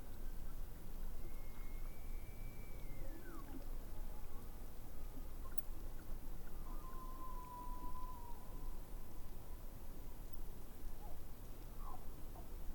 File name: elk